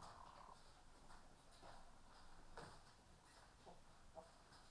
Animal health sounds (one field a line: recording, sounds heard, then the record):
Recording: poultry house recording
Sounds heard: sick chickens (respiratory disease)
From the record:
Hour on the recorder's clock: 13